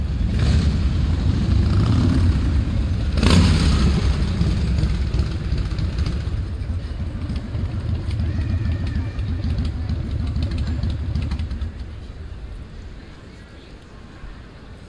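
A loud motorcycle rumbles and fades away near the end, over the murmur of people on a town square.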